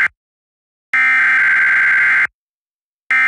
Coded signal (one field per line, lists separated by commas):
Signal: Emergency Alert System (SAME) tones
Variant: header bursts